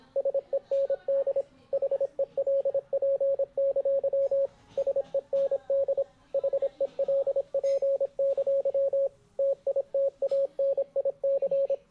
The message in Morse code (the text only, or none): SEND HELP! SEND HELP! TITANIC